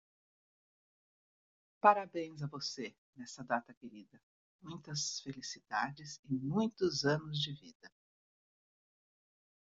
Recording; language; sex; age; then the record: short text; Brazilian Portuguese; female; 60 to 69 years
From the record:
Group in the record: control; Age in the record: 62 years